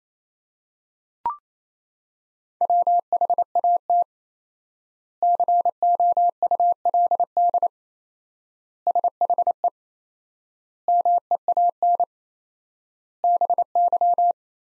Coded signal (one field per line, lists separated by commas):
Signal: Morse code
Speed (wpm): 27 wpm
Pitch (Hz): 700 Hz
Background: none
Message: WHAT COULD SHE MEAN BY